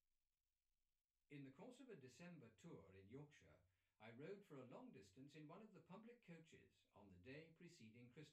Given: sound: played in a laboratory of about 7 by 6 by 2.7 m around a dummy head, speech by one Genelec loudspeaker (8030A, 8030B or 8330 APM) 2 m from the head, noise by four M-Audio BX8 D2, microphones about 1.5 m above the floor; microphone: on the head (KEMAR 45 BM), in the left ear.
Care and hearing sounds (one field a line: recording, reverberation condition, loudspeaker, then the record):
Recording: male speech in English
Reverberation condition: low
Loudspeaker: 120 degrees to the right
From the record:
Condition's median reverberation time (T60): about 310 ms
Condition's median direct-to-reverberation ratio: about 3.5 dB